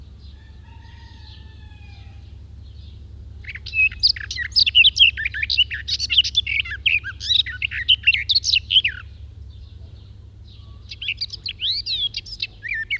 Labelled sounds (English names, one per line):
Garden Warbler song